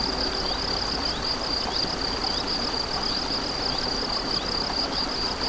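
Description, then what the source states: Steady high-pitched cricket trilling, evenly pulsed without pause, accompanied by continuous running-water noise. Crickets beside a stream, 7 May 2014, recorded on an MZ-N710 recorder.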